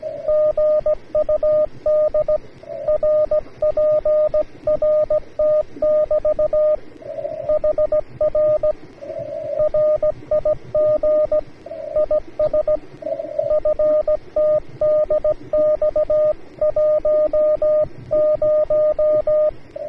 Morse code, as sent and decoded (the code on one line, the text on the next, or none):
--. ..- -.. / .-. .--. .-. - -...- / .... .-. / .-. .. --. / .. ... / ..-. - -.. -..- .---- -----
GUD RPRT<BT> HR RIG IS FTDX10